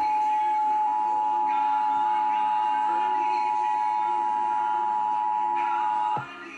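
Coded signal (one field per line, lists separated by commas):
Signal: Emergency Alert System (SAME) tones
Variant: 853 and 960 Hz attention tone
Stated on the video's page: Monthly test.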